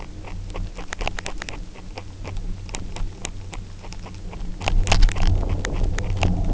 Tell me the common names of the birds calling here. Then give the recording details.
none. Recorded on Arctic tundra, site UTQI-0, on 29 June 2018. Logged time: 08:00